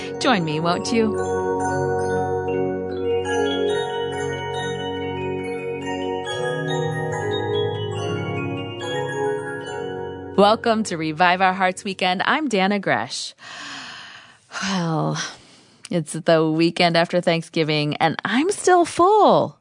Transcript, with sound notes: Join me, won’t you? Welcome to Revive Our Hearts Weekend, I’m Dannah Gresh. (big sigh) It’s the weekend after Thanksgiving, and I’m still full.